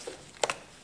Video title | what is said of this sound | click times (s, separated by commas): KTM 990 ADV Air Intake maintenance and Upgrade - Back in the Garage | make sure they click into place | 0.4 s